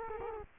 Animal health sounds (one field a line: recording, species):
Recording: mosquito wingbeat signal from an infrared sensor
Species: Culex quinquefasciatus